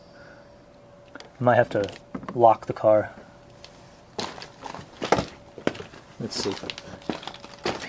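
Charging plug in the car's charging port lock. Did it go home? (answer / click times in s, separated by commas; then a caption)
no / none. After a repair of its jammed plug lock, a DC charging plug is handled at a BMW i3's charging port while someone talks. Short knocks and taps are heard from the plug and port. Nothing has seated or clicked yet: the port's plug-lock actuator has not engaged to lock the plug in place.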